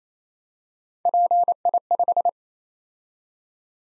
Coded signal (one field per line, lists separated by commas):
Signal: Morse code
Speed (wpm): 29 wpm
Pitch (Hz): 700 Hz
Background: none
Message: PI5